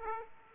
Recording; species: mosquito wingbeat signal from an infrared sensor; Aedes aegypti